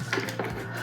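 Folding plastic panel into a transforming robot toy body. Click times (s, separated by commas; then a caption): 0.1 s. A folded plastic panel is pushed into the body of a Fans Toys Recorder and Fast Forward third-party Masterpiece-style Blaster and Rewind transforming robot toy. A sharp plastic click sounds at 0.1 s, followed by a softer knock at 0.4 s over a steady low hum. The panel locks into place.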